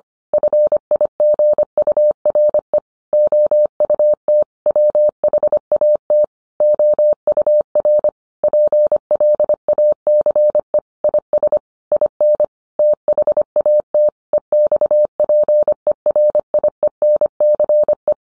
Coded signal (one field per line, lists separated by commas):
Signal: Morse code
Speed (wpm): 25 wpm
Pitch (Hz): 600 Hz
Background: none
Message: FIGURE OUT WHAT OUR PLACE IS IN THAT EXPERIENCE